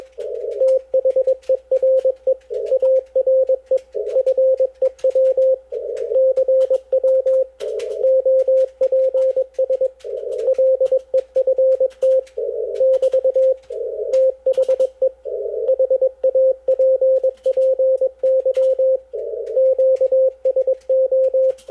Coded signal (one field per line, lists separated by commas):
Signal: Morse code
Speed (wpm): 21 wpm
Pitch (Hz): 530 Hz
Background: none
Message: THERE ARE FEW CW OPS LEFT <BT> THE HAPPY QSO